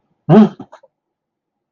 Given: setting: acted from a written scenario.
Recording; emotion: vocal sound without words; negative surprise